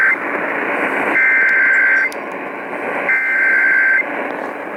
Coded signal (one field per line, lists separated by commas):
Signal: Emergency Alert System (SAME) tones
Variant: header bursts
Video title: WHAS COVERS THE TORs... EAS Alerts from 3/18/22 (EAS #6,585 - 6,589)